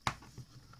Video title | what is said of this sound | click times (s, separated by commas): How to custom paint your ps4 controller | just got to apply a little bit of pressure until you hear it click and it separates and then same thing on the other side | 0.1 s